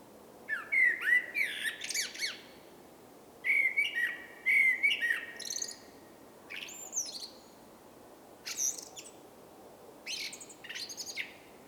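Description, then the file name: Common blackbird song: phrases of low fluted whistles trailing into high squeaky twitters, followed by several bursts of high twitters alone, with short pauses between. "Turdus merula"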